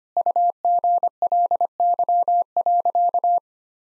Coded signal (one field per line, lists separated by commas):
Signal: Morse code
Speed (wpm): 25 wpm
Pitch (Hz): 700 Hz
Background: none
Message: UGLY.